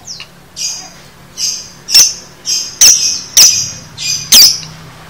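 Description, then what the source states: Lovebird chatter: a series of harsh, high chirps repeated about every half to one second, some with sharp clicky onsets, over a faint low hum. Lovebird 'masteran' of the 'konslet' chatter style, used to train lovebirds to chatter.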